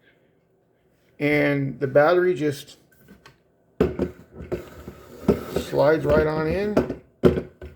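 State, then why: Not seated. A 40 V Ryobi power tool battery pack, from an HP chainsaw set, is handled at its plastic charger while someone talks, with a few soft knocks and scrapes between the words. The battery is being slid toward the charger, but nothing has seated or clicked yet.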